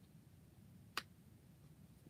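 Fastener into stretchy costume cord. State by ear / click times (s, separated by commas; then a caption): seated / 1.0 s. A small fastener or clasp is pushed onto thick, stretchy cord or elastic made for costumes. A single sharp click at 1.0 s stands out against a quiet low hum. The fastener snaps in and is seated, working fine despite the cord's stretch.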